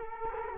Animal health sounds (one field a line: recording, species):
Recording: mosquito wingbeat signal from an infrared sensor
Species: Culex quinquefasciatus